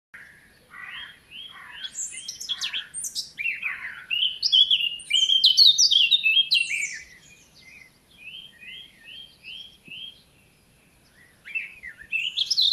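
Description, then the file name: Eurasian blackcap song, a scratchy warble rising into a loud, clear fluted flourish, then a run of evenly repeated short notes and a fresh phrase at the end. "Sylvia atricapilla"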